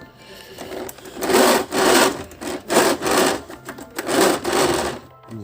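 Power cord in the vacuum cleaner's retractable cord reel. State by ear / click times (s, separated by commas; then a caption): not seated / none. A power cord is pulled out of a vacuum cleaner's retractable cord reel in repeated strokes, each making a broad rasping, rubbing whir. The reel lock fails to catch and hold the cord, a fault, and nothing has seated or clicked.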